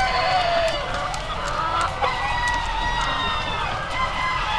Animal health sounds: poultry house recording; healthy chickens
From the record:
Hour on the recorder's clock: 20

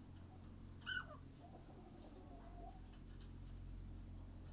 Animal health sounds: poultry house recording; sick chickens (respiratory disease)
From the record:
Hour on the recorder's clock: 22

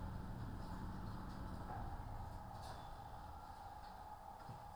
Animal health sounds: poultry house recording; no chicken sound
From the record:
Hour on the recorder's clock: 13

